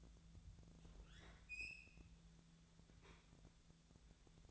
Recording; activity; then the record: daily activity, microphone in the room; open fridge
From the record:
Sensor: 3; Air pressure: 1000.1 hPa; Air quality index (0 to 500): 132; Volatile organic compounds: 2 ppm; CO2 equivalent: 1182 ppm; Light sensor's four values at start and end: 43/111/47/51 and 43/110/47/51